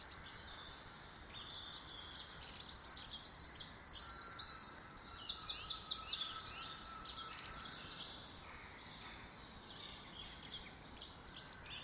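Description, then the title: Birds in a busy chorus of high twittering and chirping phrases, overlapping and nearly continuous, over a background hiss. Birds heard in a garden. "Birds Sounds in the Garden"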